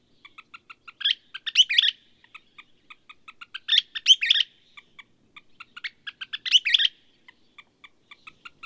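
Bird song: quiet repeated clicks rising into buzzy, chattering bursts, three phrases spaced about two and a half seconds apart.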